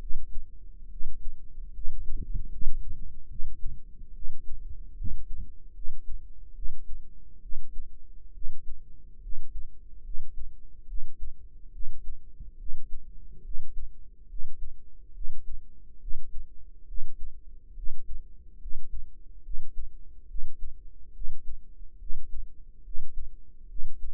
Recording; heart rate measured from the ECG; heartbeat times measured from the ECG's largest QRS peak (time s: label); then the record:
heart sounds by microphone in the right ear; 71 bpm
0.88 s: heartbeat
1.71 s: heartbeat
2.48 s: heartbeat
3.27 s: heartbeat
4.12 s: heartbeat
4.95 s: heartbeat
5.72 s: heartbeat
6.53 s: heartbeat
7.40 s: heartbeat
8.32 s: heartbeat
9.20 s: heartbeat
10.02 s: heartbeat
10.86 s: heartbeat
11.70 s: heartbeat
12.56 s: heartbeat
13.42 s: heartbeat
14.27 s: heartbeat
15.12 s: heartbeat
15.98 s: heartbeat
16.85 s: heartbeat
17.74 s: heartbeat
18.58 s: heartbeat
19.41 s: heartbeat
20.26 s: heartbeat
21.12 s: heartbeat
21.97 s: heartbeat
22.82 s: heartbeat
23.66 s: heartbeat
From the record:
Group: healthy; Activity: rest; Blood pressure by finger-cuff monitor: 109/71 mmHg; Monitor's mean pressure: 83 mmHg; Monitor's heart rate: 71 bpm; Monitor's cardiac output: 5.6 L/min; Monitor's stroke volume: 79 mL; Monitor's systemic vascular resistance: 1080 dyn s/cm5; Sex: female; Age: 22 years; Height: 160 cm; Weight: 45 kg